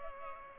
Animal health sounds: mosquito wingbeat signal from an infrared sensor; Culex pipiens

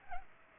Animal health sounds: mosquito wingbeat signal from an infrared sensor; Culex pipiens

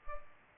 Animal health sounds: mosquito wingbeat signal from an infrared sensor; Culex pipiens

